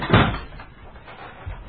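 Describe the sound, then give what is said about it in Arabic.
A door swings shut with a solid thud, followed by a fainter knock as it settles about a second later. “والآن فلأطفئ النور ولأغلق الباب”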